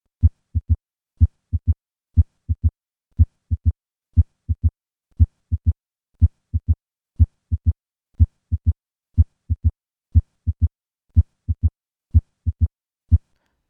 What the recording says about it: Atrial Myxoma. Listen to the change in the S2 to tumor plop interval when turning into the left lateral decubitus position. I will remove the murmur to better focus on this interval. Left lateral position.